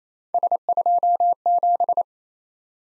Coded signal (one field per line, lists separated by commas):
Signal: Morse code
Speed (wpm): 28 wpm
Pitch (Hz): 700 Hz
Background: none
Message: S27